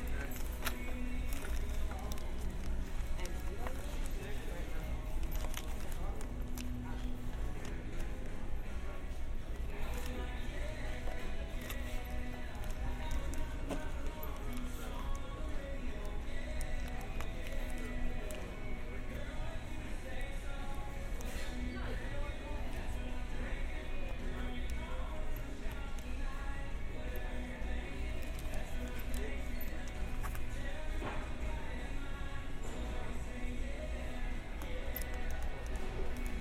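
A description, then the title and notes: Busy hardware store interior with steady overlapping chatter, occasional clicks and clatter, a low hum underneath, and faint music in the background. A binaural field recording of shopping at a hardware store in New Rochelle. I was surprised they played country music.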